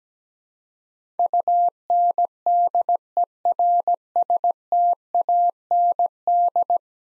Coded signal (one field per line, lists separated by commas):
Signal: Morse code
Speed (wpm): 17 wpm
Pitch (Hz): 700 Hz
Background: none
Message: UNDERSTAND